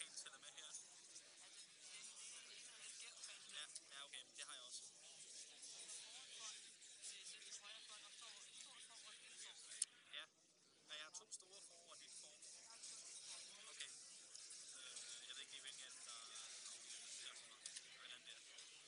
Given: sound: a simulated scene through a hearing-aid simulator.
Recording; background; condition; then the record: conversation; cafeteria; -4 dB SNR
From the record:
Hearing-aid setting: III (slow-acting compression, loudness normalization, advanced features for about 2.5 dB of SNR improvement); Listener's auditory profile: B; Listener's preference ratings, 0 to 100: 21, 18, 14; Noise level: 65 dB SPL